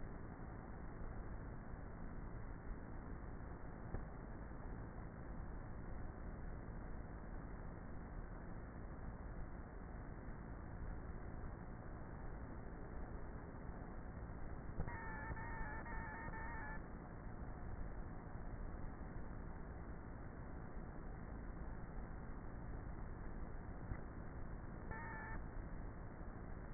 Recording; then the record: honeybee colony, microphone inside the hive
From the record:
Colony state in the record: queenless with a low population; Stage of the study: before two queens were removed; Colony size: about 30,000 bees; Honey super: no